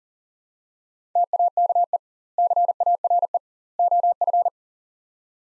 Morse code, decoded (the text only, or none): TAKE CARE OF